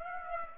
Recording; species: mosquito wingbeat signal from an infrared sensor; Aedes aegypti